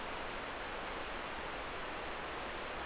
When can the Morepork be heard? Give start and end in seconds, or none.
none